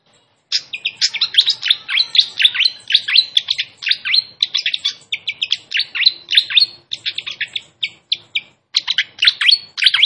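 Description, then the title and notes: Fantail song: a continuous run of rapid, high twittering chirps that changes pitch often and barely pauses. Master recording (masteran) of sikatan kipas (fantail flycatcher) song, described as a clear voice; also called sikatan londo. "Masteran Sikatan Kipas Suara Jernih Dan Suara Gemericik Air. Suara Burung Sikatan Londo"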